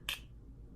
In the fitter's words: you can hear it does lock in place the other thing is unlike